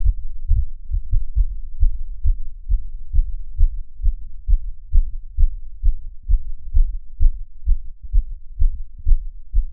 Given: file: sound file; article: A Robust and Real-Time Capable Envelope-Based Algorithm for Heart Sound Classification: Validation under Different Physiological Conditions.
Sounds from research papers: heart sounds by electronic stethoscope; after 5 min of sport; deep; sitting; Erb’s point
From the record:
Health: healthy, no known heart disease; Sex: male

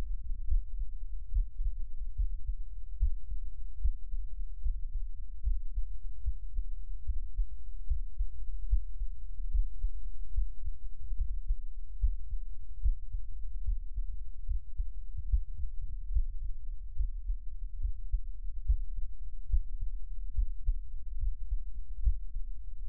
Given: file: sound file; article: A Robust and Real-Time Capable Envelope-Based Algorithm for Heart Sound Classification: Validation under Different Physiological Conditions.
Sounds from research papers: heart sounds by electronic stethoscope; rest; normal; sitting; Erb’s point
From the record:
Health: healthy, no known heart disease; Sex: male

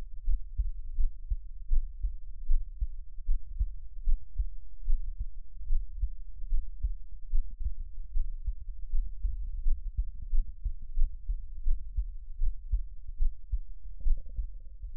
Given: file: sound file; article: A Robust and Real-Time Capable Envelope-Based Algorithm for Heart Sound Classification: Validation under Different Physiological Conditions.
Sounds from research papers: heart sounds by electronic stethoscope; rest; normal; lying on stomach; Erb’s point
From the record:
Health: healthy, no known heart disease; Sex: male

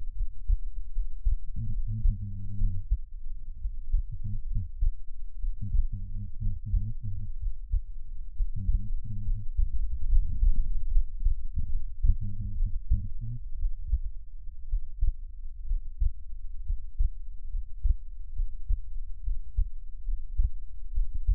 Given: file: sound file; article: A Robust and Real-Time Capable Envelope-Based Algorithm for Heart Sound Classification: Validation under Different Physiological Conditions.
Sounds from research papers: heart sounds by electronic stethoscope; rest; normal; lying on stomach; Erb’s point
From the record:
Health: healthy, no known heart disease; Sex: male

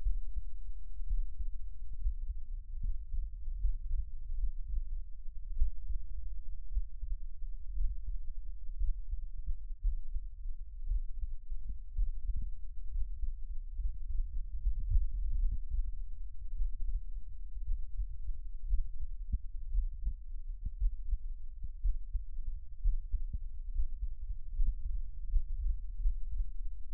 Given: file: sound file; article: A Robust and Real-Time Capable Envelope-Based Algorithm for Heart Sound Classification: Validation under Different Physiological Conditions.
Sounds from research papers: heart sounds by electronic stethoscope; rest; deep; sitting; Erb’s point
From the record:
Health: healthy, no known heart disease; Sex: male

